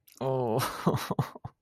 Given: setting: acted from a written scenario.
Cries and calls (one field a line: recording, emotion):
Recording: vocal sound without words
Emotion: embarrassment